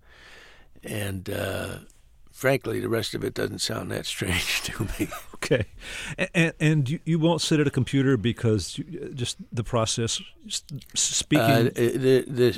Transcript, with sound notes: And frankly, the rest of it doesn't sound that strange to me.
(SOUNDBITE OF LAUGHTER)
OK. And you won't sit at a computer, because just the process speaking...